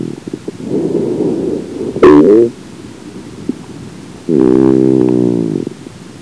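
Two harsh, low-pitched, buzzing breath noises from an adult stand out: one short, then one held for over a second with a steady tone, with softer airy noise between them. This is stridor, a noisy breath sound from narrowing of the upper airway.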